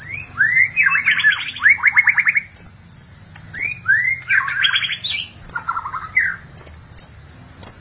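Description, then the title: Magpie-robin or shama singing loud mixed phrases: rising whistles, buzzy rattling bursts and thin high notes, repeated in short bouts with brief pauses, a faint low hum beneath. "Suara Burung Murai"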